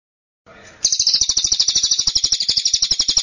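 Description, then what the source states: Bird song beginning after a soft noise: a loud, fast series of high chirps repeated steadily to the end. Track meant to make a listener's own bird join in singing immediately.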